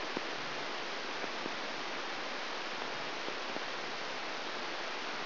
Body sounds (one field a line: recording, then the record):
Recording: brain microelectrode recording played as sound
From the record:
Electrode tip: outside the subthalamic nucleus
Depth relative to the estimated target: 4 mm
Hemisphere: right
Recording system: AlphaMap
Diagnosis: Parkinson's disease